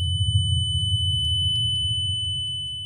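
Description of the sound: A steady, piercing high-pitched tone holds unchanged for about three seconds, with a fainter, even higher whine and a low rumble beneath it. It simulates tinnitus heard as a very loud, sharp beep in the head, a familiar beep that becomes much louder, sharper and more piercing with tiredness or after too much exposure to noise, in a 65-year-old man whose tinnitus began at 19 working in a sawmill.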